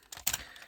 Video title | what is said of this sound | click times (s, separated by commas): Transformers titans return Soundwave/ review | right back up in and lock into place like that | 0.3 s